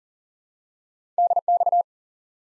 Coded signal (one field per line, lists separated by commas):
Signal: Morse code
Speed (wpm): 39 wpm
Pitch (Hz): 700 Hz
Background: none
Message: DX